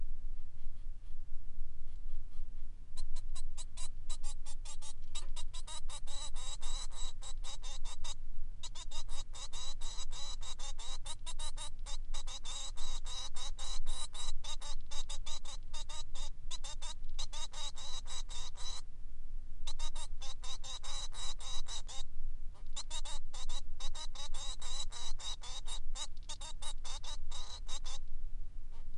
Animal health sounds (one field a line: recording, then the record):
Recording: song of a male Bengalese finch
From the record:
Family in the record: son of father 3